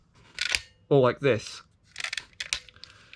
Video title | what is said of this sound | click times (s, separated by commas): TNS! Reviews: Leon Laser [Tensou Sentai Goseiger] | which lets it lock into place like this | 0.4 s, 0.6 s